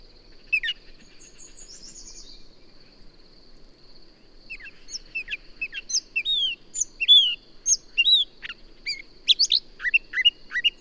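Bird song starts sparse with a brief high trill, then builds into a rapid flurry of chirps and sweeping whistles over a steady high-pitched hum.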